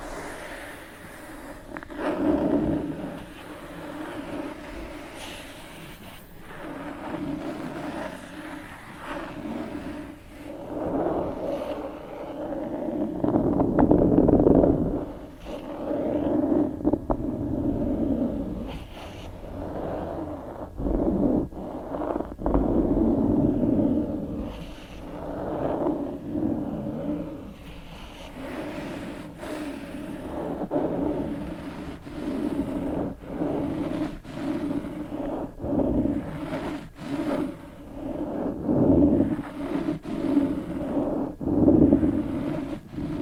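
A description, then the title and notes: Book scratching runs for the whole stretch as a continuous rough, low-to-mid rasping, pulsing unevenly as the strokes change pressure. Louder, heavier passages come around 14, 22 and 40 seconds, with brief quieter gaps between strokes. Nothing else stands out. ASMR book scratching.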